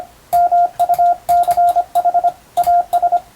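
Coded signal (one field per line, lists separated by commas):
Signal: Morse code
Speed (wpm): 25 wpm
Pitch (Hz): 700 Hz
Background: radio noise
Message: MUCH AS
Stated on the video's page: Hand-keyed Morse on a telegraph key, sent as receiving practice for the Japanese radiotelegraph operator exam, using a European-language telegram practice book.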